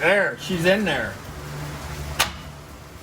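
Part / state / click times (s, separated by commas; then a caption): parking brake shoe spring retainer on brake shoe/backing plate / released / 2.2 s. Someone talks while working on the parking brake shoe hardware of a 1999–2010 Chevy Silverado / GMC Sierra. At 2.2 s, a previously seated parking brake shoe spring retainer on the brake shoe and backing plate springs back out with a short, sharp click, releasing from its seat.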